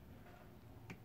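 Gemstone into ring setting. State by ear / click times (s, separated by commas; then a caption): seated / 0.9 s. A gemstone is pressed with light pressure into its seat in a metal ring setting. After a low, steady background, a small sharp click sounds at 0.9 s as the stone settles into place. The stone is seated and no longer comes out.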